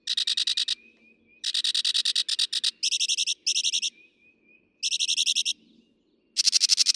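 Northern mockingbird song of loud, harsh rattling bursts in rapid pulses, separated by short gaps with a thin steady whistle between them.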